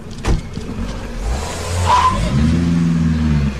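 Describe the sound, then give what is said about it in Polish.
A car engine rumbles and then revs up as the vehicle pulls away from the detention centre in Nowy Sącz, Poland, its low steady drone rising in pitch and loudness over a few seconds, with a short thud at the start. “Marka Haslika sprzed nowosądeckiego aresztu zabrali samochodem koledzy, zakryli jego twarz kocem i nie dopuścili do niego mediów.”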